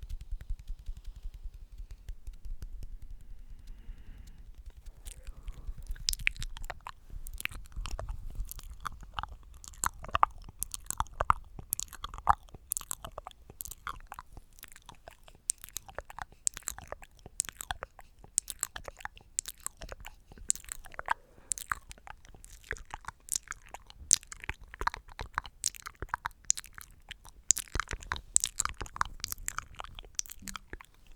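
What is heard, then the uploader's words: Mouth sounds, wet chewing and crunching clicks, start after about five seconds and continue as a dense, irregular stream of sharp bright snaps. A low rumble runs underneath throughout, strongest in the opening seconds before the clicking begins. ASMR THE MOST RELAXING MOUTH SOUNDS EVER.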